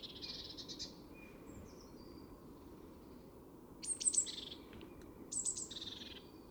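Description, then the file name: Eurasian blue tit uttering thin high notes and short buzzy trills, a soft phrase at first, then two sharper high-pitched bursts later, with quiet low background noise. "Cyanistes caeruleus"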